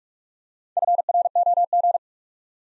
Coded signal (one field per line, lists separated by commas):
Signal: Morse code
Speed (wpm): 44 wpm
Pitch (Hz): 700 Hz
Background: none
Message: FROG